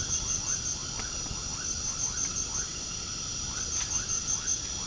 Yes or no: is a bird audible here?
no